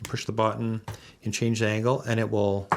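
Someone talks while handling the plastic, angle-adjustable mount arm of a DJI Osmo 360 camera mount, pressing the release button on its back to change the angle. The arm has not locked into its detent position yet, and no click is heard.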